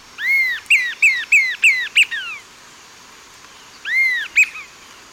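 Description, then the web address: Eastern sirystes call: loud arched whistled notes, a rising-falling note followed by five quick sharp ones, then a pause and another pair, over quiet background. Eastern lowlands of South America. "Natures Songs S America Eastern Lowlands. Eastern Sirystes"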